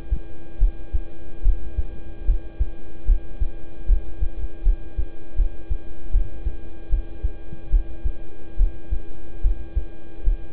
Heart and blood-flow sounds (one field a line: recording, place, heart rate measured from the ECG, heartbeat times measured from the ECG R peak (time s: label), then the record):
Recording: heart sounds by stethoscope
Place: between the tricuspid and mitral areas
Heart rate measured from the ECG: 75 bpm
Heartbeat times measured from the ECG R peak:
0.58 s: heartbeat
1.42 s: heartbeat
2.25 s: heartbeat
3.05 s: heartbeat
3.86 s: heartbeat
4.63 s: heartbeat
5.36 s: heartbeat
6.11 s: heartbeat
6.89 s: heartbeat
7.70 s: heartbeat
8.57 s: heartbeat
9.41 s: heartbeat
10.24 s: heartbeat
From the record:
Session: rest, lying down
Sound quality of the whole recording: good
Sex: male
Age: 26 years